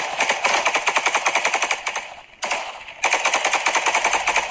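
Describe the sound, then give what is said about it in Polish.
An anti-aircraft autocannon fires at Russian drones at night, in long, rapid bursts of loud, evenly spaced shots, pausing briefly before the hammering resumes. No one speaks. “Nie wiem, ile dronów udało się zestrzelić tej nocy operatorom działka, ale takie polowania na bezzałogowce powtarzają się kilka razy w ciągu doby.”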